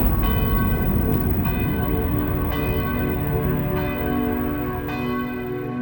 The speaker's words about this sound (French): Le 5 décembre 1956, fin de matinée, les cloches du Ruf sonnent, le temps s'arrête de nouveau. Il y a 36 heures, elles annonçaient un malheur. Aujourd'hui, elles rappellent les paroissiens en sainte église.